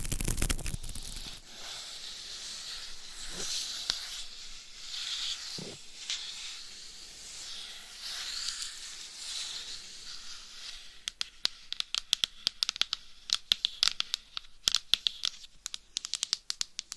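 Soft, steady scratching and brushing runs through the first eleven seconds, a bright hiss that swells and eases, with a couple of duller thumps near three and six seconds. After about eleven seconds, quick sharp taps break in irregularly over the scratching until the end.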